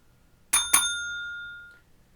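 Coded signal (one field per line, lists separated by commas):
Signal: bell signal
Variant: UK railway block bell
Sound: two quick bell strikes close together, then a ringing tone fading away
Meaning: Two beats: train entering section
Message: 2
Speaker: so we say right train no entering section two Bells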